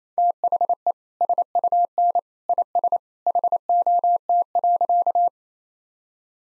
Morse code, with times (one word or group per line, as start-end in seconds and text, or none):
0.2-0.9 THE
1.2-2.2 SUN
2.5-3.0 IS
3.3-5.3 HOT.